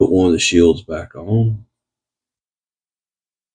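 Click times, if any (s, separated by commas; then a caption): none. During servicing of a vintage 1968 Shakespeare Sea Wonder 2081 fishing reel, a removed metal shield is handled to be pressed back into the reel's ball bearing. Someone talks for about the first 1.6 seconds, then the clip goes silent. Nothing has seated or clicked into place yet.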